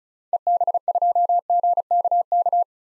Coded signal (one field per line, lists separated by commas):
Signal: Morse code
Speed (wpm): 36 wpm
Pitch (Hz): 700 Hz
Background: none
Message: EB2GKK